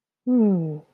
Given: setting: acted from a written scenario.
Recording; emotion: vocal sound without words; serenity